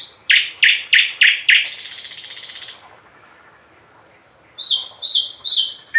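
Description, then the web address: Nightingale song: five loud repeated downslurred notes rolling into a buzzy trill, silence, then repeated high slurred whistles. "Physics is fun. slowik"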